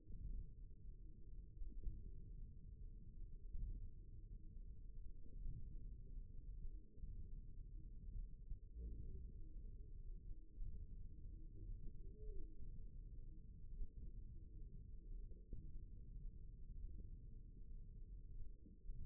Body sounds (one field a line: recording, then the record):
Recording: forearm muscle sounds (acoustic myography)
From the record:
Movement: index flexion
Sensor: system 1, eight BSWA MPA416 microphones around the upper forearm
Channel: 2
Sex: male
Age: 54 years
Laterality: right